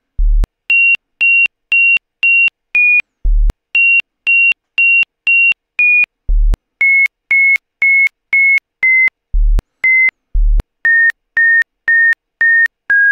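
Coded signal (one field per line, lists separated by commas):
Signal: none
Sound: python program's melody beeps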